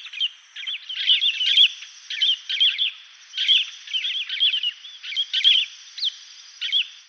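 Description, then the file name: Yellow-rumped marshbird flight calls, high sharp chirps and short slurred whistles in quick irregular clusters, repeated throughout. Recorded 9 August 2000, calling in flight. "Pseudoleistesguirahuro Yaguarete Forest 9 AGO 00 flight"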